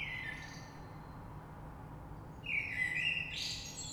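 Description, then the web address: Common blackbird song: a brief fluted note at the start, then a fuller warbled phrase with a squeaky high twitter at the end, low rumble underneath. Recorded 3 March 2020. "oiseaux Rush Merle 3-3-2020"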